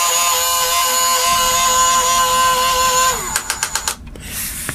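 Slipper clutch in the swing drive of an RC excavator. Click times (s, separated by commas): 3.4 s, 3.5 s, 3.6 s, 3.8 s, 3.9 s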